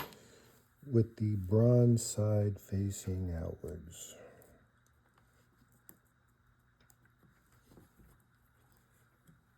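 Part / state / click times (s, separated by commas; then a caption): wear plate going into a hydraulic pump housing / not seated / none. During reassembly of a Case Ingersoll 3016 HyDriv hydraulic gear pump, a wear plate is handled over the pump housing with its bronze side facing outwards. Someone talks for the first four seconds, then only faint, sparse taps and light handling sounds follow in a quiet background. Nothing has seated or clicked into place yet.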